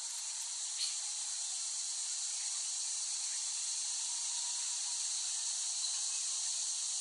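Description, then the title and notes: Strong, unbroken cicada drone, a bright sizzling buzz at a constant level from start to finish. Several cicadas recorded by Dan Bodah in West Brighton, Staten Island, late summer 2008. "Dronecast: The Cicadas of Summer. Recording of cicadas made by Dan Bodah in West Brighton, Staten Island, late summer 2008"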